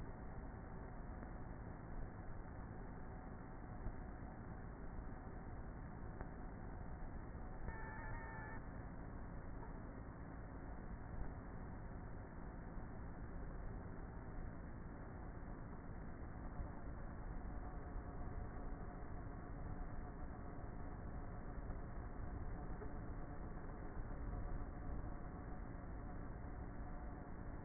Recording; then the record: honeybee colony, microphone inside the hive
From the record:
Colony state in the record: queenless with a low population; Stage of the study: before two queens were removed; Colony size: about 30,000 bees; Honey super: no